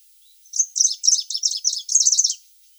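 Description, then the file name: Greenish warbler song: a fast, high, jumbled phrase of squeaky chirps, about two seconds long, run together in quick bursts before stopping. "Penochka zelenaja"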